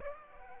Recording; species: mosquito wingbeat signal from an infrared sensor; Aedes aegypti